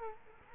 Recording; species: mosquito wingbeat signal from an infrared sensor; Culex quinquefasciatus